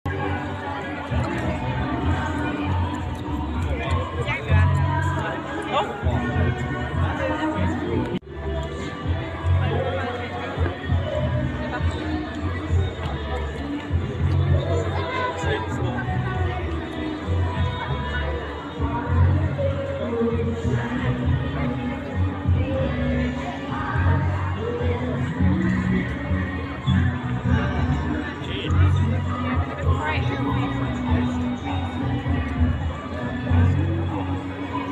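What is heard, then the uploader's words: A large crowd fills the streets with a steady, dense wash of overlapping voices and chatter. The murmur stays at an even level throughout, with occasional louder voices and short thumps rising out of it, and a brief dip just after eight seconds. It's been a week since I spent a day in the downtown area, an experience that turned out to be a true urban life festival. The weather was in our favor, providing a sunny day that drew a large crowd into the streets. The streets were bustling from all sides.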